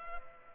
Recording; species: mosquito wingbeat signal from an infrared sensor; Culex pipiens